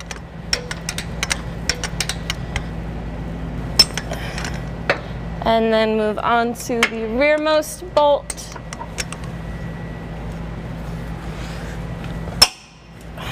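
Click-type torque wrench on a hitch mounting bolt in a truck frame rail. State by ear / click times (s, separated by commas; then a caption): torque reached / 12.4 s. A click-type torque wrench set to 110 tightens the rearmost trailer hitch mounting bolt in the frame rail of a 1990 Toyota 4Runner. Someone talks over a steady background hum and scattered metallic ticks. The wrench gives a sharp click at 12.4 s, showing the bolt has reached its torque setting.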